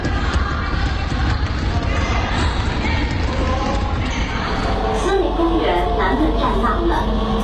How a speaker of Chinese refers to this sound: 寸土寸金的长安街沿线，有着全市规模最大的体育场馆——东单体育中心。你听，篮球场上战斗震撼。